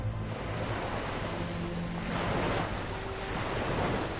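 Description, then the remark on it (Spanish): Steady roar of ocean surf with waves washing and swelling in broad noisy surges, a low rumble underneath and gusty wind buffeting throughout; no voices. “Flotaba en el mar y viajó alrededor del mundo, como los piratas, surcando los siete mares”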